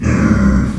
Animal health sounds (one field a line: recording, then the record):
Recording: squeal of a Yucatan mini pig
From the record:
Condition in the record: after surgery on the right vocal fold (resection and tissue-engineered implant)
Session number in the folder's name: 17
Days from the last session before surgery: 195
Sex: female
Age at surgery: 19 weeks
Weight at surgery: 25 kg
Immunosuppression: prednisolone